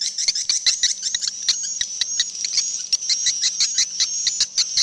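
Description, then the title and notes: Swiftlet calls: a brisk series of sharp clicks with high shrill chirps woven between them, and a faint low hum. Swiftlet sound used in swiftlet bird farming in Asia. "Swiflet Bird Sound. Farming Swiflet Bird asia sound"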